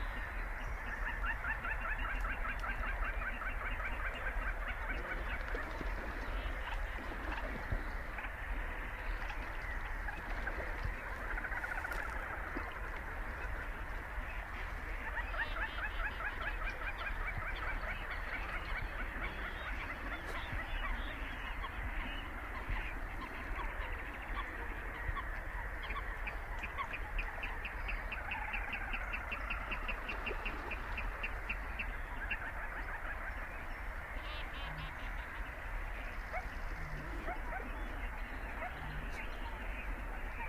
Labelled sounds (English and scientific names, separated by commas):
Little Crake (Porzana parva)